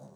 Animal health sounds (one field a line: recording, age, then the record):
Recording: pig call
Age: piglet (1 to 25 days)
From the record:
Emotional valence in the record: negative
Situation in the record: short isolation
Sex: female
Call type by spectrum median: low-frequency call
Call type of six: low-frequency stable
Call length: 0.16 s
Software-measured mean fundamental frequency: 49 Hz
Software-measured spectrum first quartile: 173 Hz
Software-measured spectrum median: 369 Hz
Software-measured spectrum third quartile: 741 Hz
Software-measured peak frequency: 147 Hz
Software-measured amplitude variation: 130 dB a second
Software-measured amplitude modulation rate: 21.9 a second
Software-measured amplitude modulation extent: 5.9 dB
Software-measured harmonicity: 0.9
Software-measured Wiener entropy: 0.14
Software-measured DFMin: 963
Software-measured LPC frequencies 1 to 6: 610, 3876, 4746, 5826, 6477, 7877 Hz